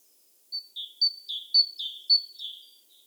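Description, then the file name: Great tit giving about four rapid two-note phrases, each a sharp high note sliding to a slightly lower one, in a calm, quiet setting. "Parus major"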